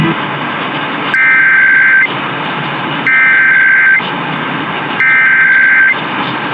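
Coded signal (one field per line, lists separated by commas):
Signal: Emergency Alert System (SAME) tones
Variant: header bursts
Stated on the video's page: Tennessee Required Monthly Test EAS tones broadcast on radio station WSM.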